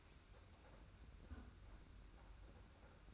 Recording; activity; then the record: daily activity, microphone in the room; close fridge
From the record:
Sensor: 2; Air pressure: 991.7 hPa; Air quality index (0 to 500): 221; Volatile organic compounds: 1000 ppm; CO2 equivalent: 7375 ppm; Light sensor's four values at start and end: 26/82/32/29 and 26/82/32/29